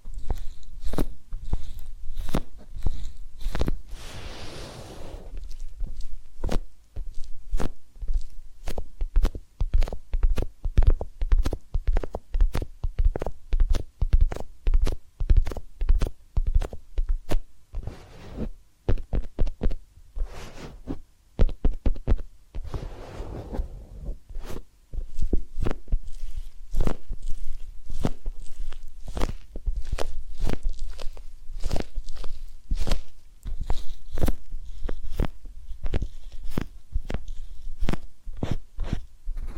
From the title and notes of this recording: ASMR Relaxing Massage, Ear Cleaning and Spa Making You Sleep Instantly (No Talking).